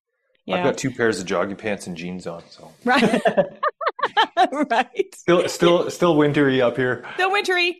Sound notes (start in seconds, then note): 2.9 laughs; 5.3 laughs